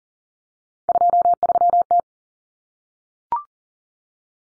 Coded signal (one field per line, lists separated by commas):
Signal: Morse code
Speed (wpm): 40 wpm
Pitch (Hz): 700 Hz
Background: none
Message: 23T